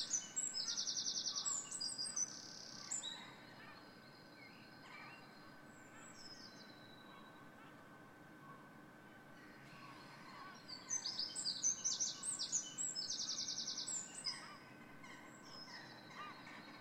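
Dawn chorus birdsong with high, rapid trilling bursts at the start and again from about eleven seconds, a quieter stretch of scattered calls between. A steady thin tone runs throughout over a soft low rumble of background noise.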